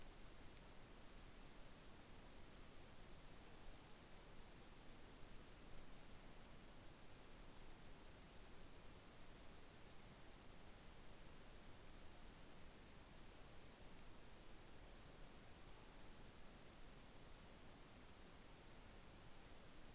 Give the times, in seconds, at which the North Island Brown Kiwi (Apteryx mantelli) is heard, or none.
none